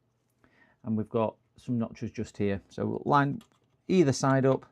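A RAM module is lined up by its center notch with a motherboard memory slot before being pressed in while someone talks. A faint tap is heard at 0.4 s, and nothing has seated or clicked yet.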